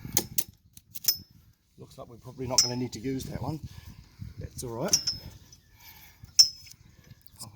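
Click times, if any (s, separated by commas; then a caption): 6.4 s. A Springfree trampoline leg is pulled back onto its frame socket while the frame is held under tension with ratchet tie-downs, with light clicks early on as someone talks. One sharp hit sounds at 6.4 s as the leg partly pops into place, but it is only seated a little and more tension is still needed.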